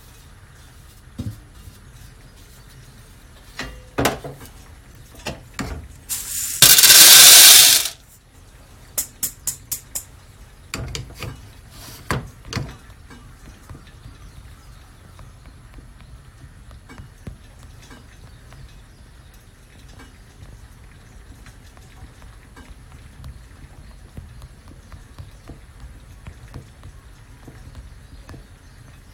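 Guatemalan SHB coffee beans are roasting. Scattered sharp pops and cracks come in the first thirteen seconds, with a loud, harsh rushing burst around seconds six to eight. After that, a low steady rumble continues with only faint occasional ticks and a thin high whine.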